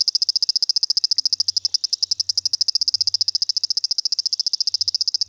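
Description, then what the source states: Dwarf swamp frog producing rapid, evenly spaced high clicks in a sustained motor-like series, with faint low rumbles beneath. Pseudopaludicola motorzinho, described as a new species.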